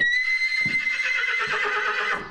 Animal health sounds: contact call of a hoofed animal; horse; whinny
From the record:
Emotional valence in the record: negative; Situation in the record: separation from one group member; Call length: 2.3 s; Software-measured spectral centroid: 2390 Hz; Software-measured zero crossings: 3870 a second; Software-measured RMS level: -24 dBFS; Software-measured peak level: -11 dBFS

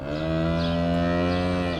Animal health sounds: contact call of a hoofed animal; cattle; low-frequency (closed-mouth) or high-frequency (open-mouth) call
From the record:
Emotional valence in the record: negative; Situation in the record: full separation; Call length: 1.79 s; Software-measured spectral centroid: 1540 Hz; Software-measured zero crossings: 1340 a second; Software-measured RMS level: -24 dBFS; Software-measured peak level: -12 dBFS

